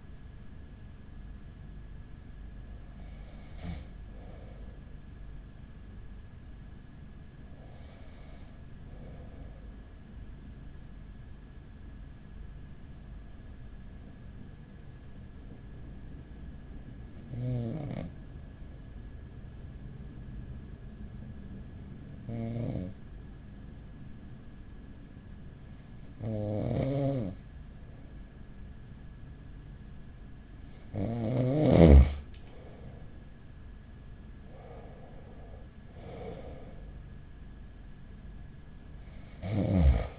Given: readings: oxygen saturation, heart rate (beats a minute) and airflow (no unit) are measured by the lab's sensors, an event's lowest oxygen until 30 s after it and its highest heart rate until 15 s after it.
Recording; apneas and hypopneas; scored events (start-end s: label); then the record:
breathing in sleep by a smartphone at the bedside; 1
3.00-29.90 s: hypopnea (N1, oxygen 96% highest, then 93% lowest, heart rate 41 at the start, 48 highest)
From the record:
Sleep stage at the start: N1 (lightest sleep); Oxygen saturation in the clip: 94 to 96%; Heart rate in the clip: 40 to 48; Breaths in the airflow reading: 8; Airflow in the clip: -6.5 to 10.3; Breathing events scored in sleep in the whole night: 207 in 7.6 hours asleep